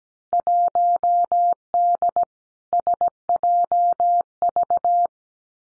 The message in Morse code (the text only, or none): 1D SJV